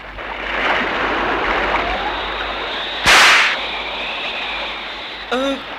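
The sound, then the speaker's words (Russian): A steel tow cable towing a schooner snaps with one sharp, loud crack and a brief hissing burst, cutting through a steady roar of surging sea waves and wind. “Лопнул буксирный трос!”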